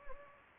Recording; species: mosquito wingbeat signal from an infrared sensor; Anopheles gambiae